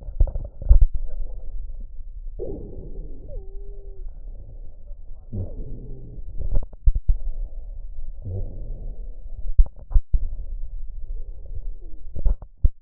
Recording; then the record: lung sounds by stethoscope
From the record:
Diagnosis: chronic bronchitis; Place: left posterior upper chest